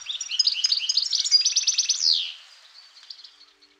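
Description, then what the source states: European goldfinch song: a fast, tinkling run of high twittering chirps and trills, ending in a descending note, then fading soft twitters. Played recording; specialist seed feeders teasing seeds from thistles and teasels; feed young on insects in spring and summer; often in small flocks; visit bird feeders; fond of Niger seeds.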